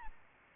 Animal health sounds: mosquito wingbeat signal from an infrared sensor; Aedes albopictus

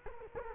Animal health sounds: mosquito wingbeat signal from an infrared sensor; Culex quinquefasciatus

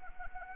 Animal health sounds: mosquito wingbeat signal from an infrared sensor; Anopheles arabiensis

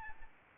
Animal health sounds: mosquito wingbeat signal from an infrared sensor; Aedes albopictus

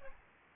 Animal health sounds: mosquito wingbeat signal from an infrared sensor; Aedes albopictus

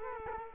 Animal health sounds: mosquito wingbeat signal from an infrared sensor; Culex quinquefasciatus

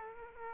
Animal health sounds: mosquito wingbeat signal from an infrared sensor; Aedes aegypti

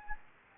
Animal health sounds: mosquito wingbeat signal from an infrared sensor; Anopheles gambiae

